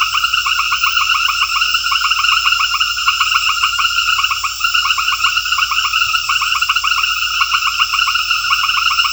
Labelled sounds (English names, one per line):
none